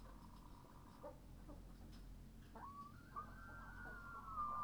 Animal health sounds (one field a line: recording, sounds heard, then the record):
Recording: poultry house recording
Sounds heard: sick chickens (respiratory disease)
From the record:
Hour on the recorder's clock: 21